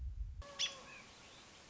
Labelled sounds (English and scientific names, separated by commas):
American Robin (Turdus migratorius)